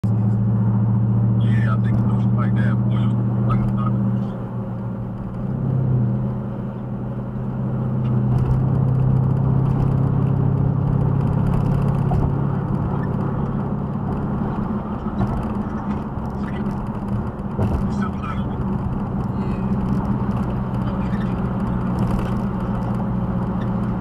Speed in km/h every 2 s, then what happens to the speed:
89, 92, 93, 93, 100, 105, 108, 105, 101, 98, 97, 97.
0-11 speeds up to 108. 11-24 slows to 97.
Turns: none.